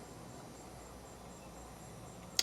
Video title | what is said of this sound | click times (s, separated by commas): Swiss Legend Trimix Diver in Gunmetal SL-10541-GM-01 | one click out | 2.4 s